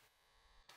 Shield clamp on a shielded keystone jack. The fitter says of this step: can hear it click once you actually lock it into place.